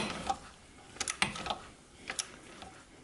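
A torque wrench set to 16 Nm tightens an axle bearing holder pinch bolt on the rear bearing carrier of a Honda Sportrax 300 EX (TRX) quad. A few quick ratcheting ticks at 1.0 and 1.1 seconds lead into the wrench's sharp torque click at 1.2 seconds. Softer clicks follow around 1.5 and 2.1 seconds, and the bolt is confirmed at its setting.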